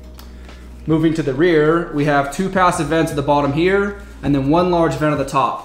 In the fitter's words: and they do snap into place nicely